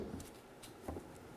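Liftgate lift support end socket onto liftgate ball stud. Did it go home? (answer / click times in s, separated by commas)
yes / 0.2 s, 0.9 s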